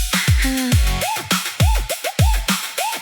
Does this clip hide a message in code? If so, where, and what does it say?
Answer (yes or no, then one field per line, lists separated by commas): no